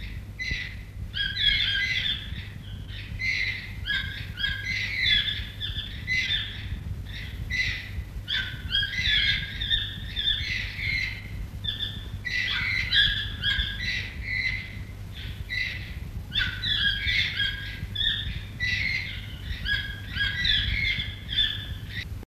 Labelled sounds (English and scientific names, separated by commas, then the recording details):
Green-billed Toucan (Ramphastos dicolorus) call
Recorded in captivity
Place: Zoo Berlin, Berlin, DE
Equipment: Halbspur, 9,5 cm/s
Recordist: Lütgens, Hans